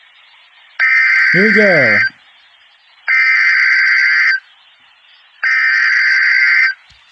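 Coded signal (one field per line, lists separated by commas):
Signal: Emergency Alert System (SAME) tones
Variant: header bursts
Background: speech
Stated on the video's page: Severe thunderstorm and tornado warnings for Arkansas received from NOAA weather radio station.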